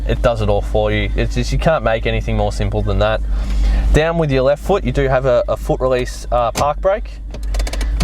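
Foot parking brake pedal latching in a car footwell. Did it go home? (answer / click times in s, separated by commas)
yes / 7.5 s, 7.6 s, 7.7 s, 7.8 s, 8.0 s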